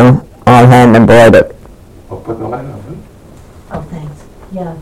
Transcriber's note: Off Mike Conversation